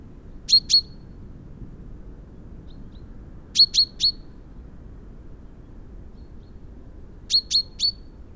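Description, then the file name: Common chaffinch calls: short high sharp notes in groups of two or three, the groups repeated about every three to four seconds over a quiet low rumble. "Fringilla coelebs"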